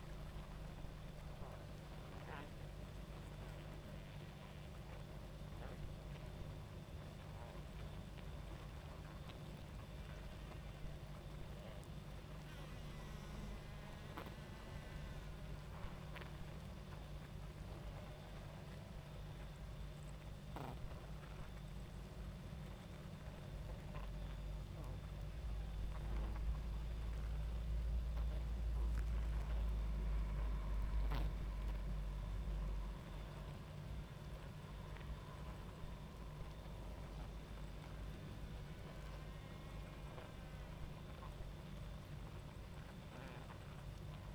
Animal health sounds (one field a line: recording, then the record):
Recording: honeybee colony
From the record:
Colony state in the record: active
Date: 28 July 2017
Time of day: 22:28